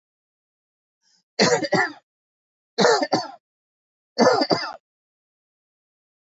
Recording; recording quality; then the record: heavy voluntary cough; excellent, no background noise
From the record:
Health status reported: healthy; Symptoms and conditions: hypertension, diabetes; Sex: male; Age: 52 years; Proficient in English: yes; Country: India